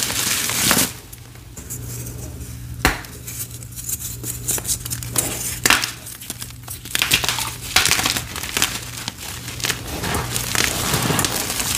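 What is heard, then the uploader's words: Cornstarch being pressed and crumbled, giving dry, crisp crunches and squeaks that come in irregular bursts, with sharp snaps near 0.5, 3, 6 and 8 seconds. A low steady hum runs underneath. Tons of super satisfying powder play. Lots of dust, pretty colors, cornstarch crunchies, and more!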